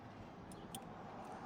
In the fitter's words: the horn clicks back into place and